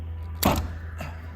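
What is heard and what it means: The small plastic locking clip on a Jeep JK side marker bulb socket is pressed in and releases from the side marker light housing with a sharp click at 0.4 s, confirmed as released. A low hum runs underneath, and a softer sound follows around 1.0 s.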